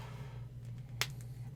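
A loose, double-jointed plastic hand is pushed back onto an action figure's wrist peg after it came off because it hadn't been snapped on correctly. Over a steady low hum, a sharp snap at 1.0 s shows the hand seating back in place.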